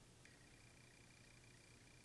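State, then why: Not seated. A plastic insulation-displacement wire tap (T-tap / scotch lock) is clamped around a lighting wire for a Hyundai Genesis Coupe's LED lighting and is being squeezed shut with pliers. Over a steady low hum and broadband hiss, a faint tick sounds at about 0.3 s and a sharper short one at about 2.1 s. The tap is only being handled here, and nothing has seated or clicked yet.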